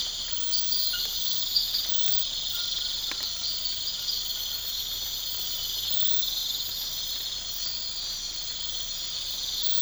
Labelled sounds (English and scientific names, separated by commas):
none